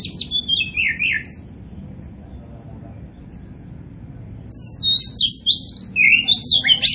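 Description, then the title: Oriental magpie-robin song: a short burst of rich whistles, a few seconds of quiet, then a lively run of rapid varied notes. Singing strongly (gacor). "Kacer Poci Gacor"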